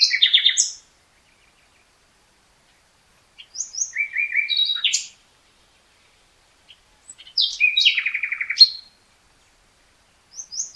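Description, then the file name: Common nightingale song in short bursts of sharp notes and rapid descending trills, with pauses of two to three seconds between phrases. "Luscinia megarhynchos"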